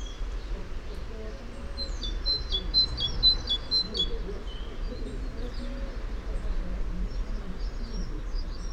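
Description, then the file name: Great tit calls: a single short run of rapid, sharp high notes early on, set against a steady low background rumble. "Parus major"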